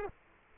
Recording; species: mosquito wingbeat signal from an infrared sensor; Aedes aegypti